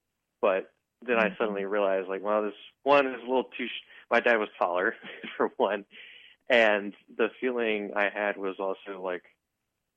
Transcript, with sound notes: But then I suddenly realized, like, well, this ... one is a little too sh- ... My dad was taller, (laughs) for one. And the feeling I had was also like